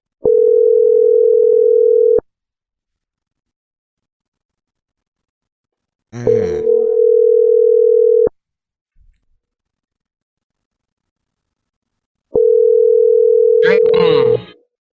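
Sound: telephone ringing tone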